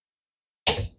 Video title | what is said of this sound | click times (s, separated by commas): Clean Your Dishwasher | And snaps into place | 0.7 s